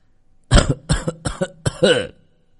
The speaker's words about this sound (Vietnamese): ông Dũng đang bất tỉnh nhân sự bỗng ho lên sù sù